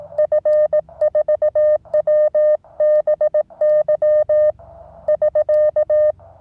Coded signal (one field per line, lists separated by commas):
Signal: Morse code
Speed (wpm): 18 wpm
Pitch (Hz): 610 Hz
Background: none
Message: F4WBY <SK>